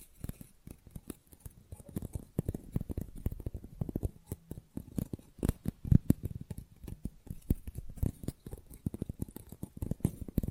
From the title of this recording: Fast & Rough Nail Filing + Tapping